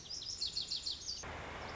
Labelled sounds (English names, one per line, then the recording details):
Lazuli Bunting
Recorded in Sonoma County, California